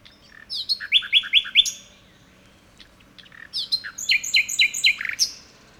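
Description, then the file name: Common nightingale song: two phrases separated by a pause, each with a rapid series of repeated chirping notes ending in a higher note. "Luscinia megarhynchos"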